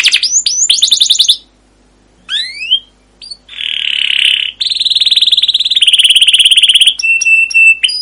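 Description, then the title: Canary song in bursts: quick sweeping chirps, a pause, rising slurred notes, a buzzy rasp, then sustained high trills and clipped metallic notes. Canary song used as a lure (pancingan) to train other canaries; described as long, continuous rolling song (gacor panjang, ngerol) with 'cuit cuit' notes. "CUIT CUIT NGEROL LANGSUNG GACOR PANJANG Kenari Pancingan KENAR. Masteran Suara Burung Kenari Gacor Panjang cuit cuit Ngerol untuk Pancingan Kenari!"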